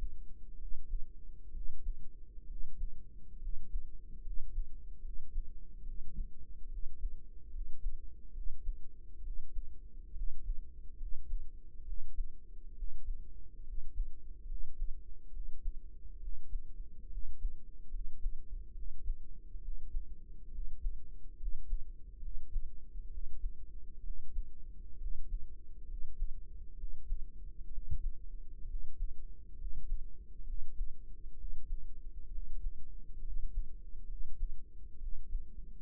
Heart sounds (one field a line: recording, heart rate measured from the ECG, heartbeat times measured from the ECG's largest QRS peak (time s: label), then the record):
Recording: heart sounds by microphone in the right ear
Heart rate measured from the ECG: 68 bpm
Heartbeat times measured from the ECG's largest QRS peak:
0.55 s: heartbeat
1.50 s: heartbeat
2.44 s: heartbeat
3.37 s: heartbeat
4.20 s: heartbeat
4.99 s: heartbeat
5.82 s: heartbeat
6.67 s: heartbeat
7.48 s: heartbeat
8.31 s: heartbeat
9.20 s: heartbeat
10.12 s: heartbeat
10.95 s: heartbeat
11.82 s: heartbeat
12.72 s: heartbeat
13.62 s: heartbeat
14.44 s: heartbeat
15.30 s: heartbeat
16.17 s: heartbeat
17.07 s: heartbeat
17.88 s: heartbeat
18.72 s: heartbeat
19.58 s: heartbeat
20.48 s: heartbeat
21.35 s: heartbeat
22.18 s: heartbeat
23.07 s: heartbeat
24.00 s: heartbeat
24.96 s: heartbeat
25.84 s: heartbeat
26.74 s: heartbeat
27.68 s: heartbeat
28.64 s: heartbeat
29.54 s: heartbeat
30.43 s: heartbeat
31.34 s: heartbeat
32.28 s: heartbeat
33.20 s: heartbeat
34.05 s: heartbeat
34.96 s: heartbeat
From the record:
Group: healthy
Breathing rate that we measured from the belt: 17 breaths a minute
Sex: male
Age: 20 years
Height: 167 cm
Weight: 61 kg